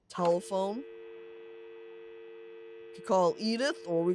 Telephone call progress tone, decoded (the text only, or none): dial tone